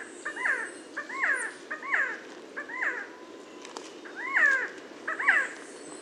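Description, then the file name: Resplendent quetzal calls: harsh, downslurred two-part notes repeated about once a second, with a short pause midway and a faint high squeak above. "Resplendent Quetzal Pharomachrus mocinno"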